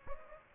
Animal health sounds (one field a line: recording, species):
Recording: mosquito wingbeat signal from an infrared sensor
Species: Anopheles gambiae